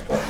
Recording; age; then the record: pig call; piglet (1 to 25 days)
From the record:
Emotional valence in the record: positive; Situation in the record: reunion after long isolation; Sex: male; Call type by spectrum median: low-frequency call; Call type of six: low-frequency tonal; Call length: 0.30 s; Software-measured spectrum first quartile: 378 Hz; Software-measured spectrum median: 615 Hz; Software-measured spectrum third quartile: 1425 Hz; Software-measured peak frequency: 507 Hz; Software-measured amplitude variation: 153 dB a second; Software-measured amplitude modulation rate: 23.4 a second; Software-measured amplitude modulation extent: 6.5 dB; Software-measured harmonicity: 1.0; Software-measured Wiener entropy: -1.04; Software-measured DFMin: 799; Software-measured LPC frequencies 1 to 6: 561, 1601, 2380, 3265, 4028, 4928 Hz